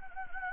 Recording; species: mosquito wingbeat signal from an infrared sensor; Anopheles gambiae